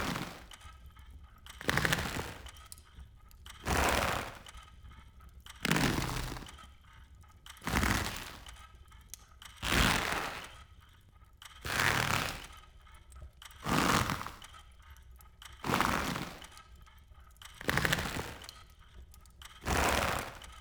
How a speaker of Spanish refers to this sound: Al hacerlo volví a escuchar el crujido del árbol, esta vez más fuerte.